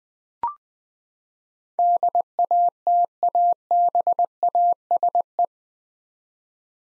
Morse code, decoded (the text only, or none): DATABASE